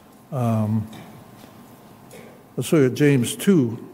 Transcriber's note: clears throat